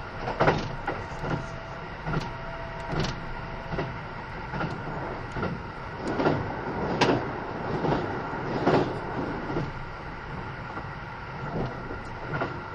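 Interior sound of a Kintetsu 80000 series Hinotori limited express train in motion, a steady low rumble under a constant hum. Sharp clanks and thumps recur every second or so, strongest around 0.5, 3, 7 and 8.7 seconds, with a brief faint tone near two seconds.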